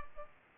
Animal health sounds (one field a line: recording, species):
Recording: mosquito wingbeat signal from an infrared sensor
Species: Culex pipiens